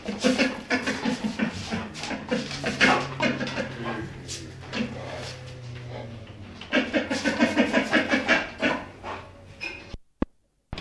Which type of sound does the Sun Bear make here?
call